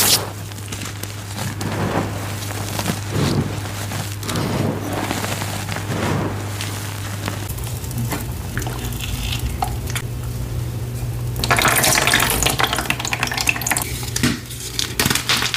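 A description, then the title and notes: Baby oil and gym chalk are crushed and worked by hand, giving soft, irregular crunching and squishing bursts over a steady low hum. The hum shifts pitch around the midpoint, and after about eleven seconds a brighter, denser hiss joins the handling sounds. Baby Oil Gym Chalk Crushing Compilation.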